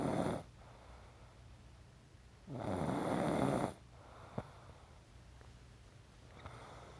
Snoring.